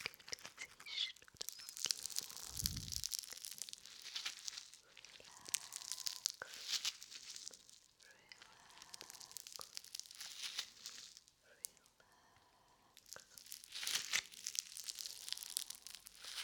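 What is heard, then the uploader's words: Play foam is squished and pulled, with dense sticky crackles and crinkly tearing in bursts, a soft thump near three seconds. ASMR Play Foam for Tingles Squishing and Sticky Sounds.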